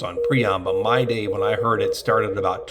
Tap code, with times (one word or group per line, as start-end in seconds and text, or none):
none